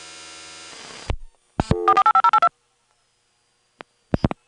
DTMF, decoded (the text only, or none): 485082